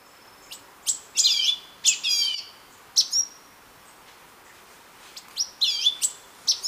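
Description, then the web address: Orange-bellied euphonia song: high clear whistled notes mixed with buzzy, warbled chattering phrases, given in bursts with short pauses; quiet hiss behind. Ecuador. "Natures Songs S America Birds of Ecuador Orange-bellied Euphonia"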